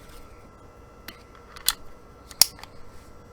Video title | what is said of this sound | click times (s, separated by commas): 🔵 Taurus Pistol Collection Review 2020 : Gun Collection | fits like a glove snaps right in place with the bloody wheels spacer sleeve there | 2.4 s